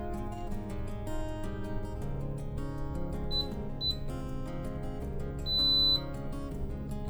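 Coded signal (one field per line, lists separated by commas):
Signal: beep code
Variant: GME EPIRB self-test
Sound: two short high beeps, then one long high beep, over background music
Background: background music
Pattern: 2 short, 1 long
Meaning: Self test passed; the beacon's 121.5 and 406 MHz emissions tested clean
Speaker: if the beacon follows that procedure that means that it's tested the 121.5 MHz frequency emission the 406 MHz frequency emission and the test has come back clean so we'll do that now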